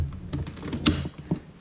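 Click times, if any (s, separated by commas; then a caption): 0.9 s. A hard drive in its plastic mounting tray inside an HP Envy 23 all-in-one PC is pressed down gently and slid to the right, with a few soft scraping taps as it moves. At 0.9 s a sharp click is heard as a tab snaps in, locking the drive in place and seating it.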